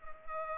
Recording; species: mosquito wingbeat signal from an infrared sensor; Culex pipiens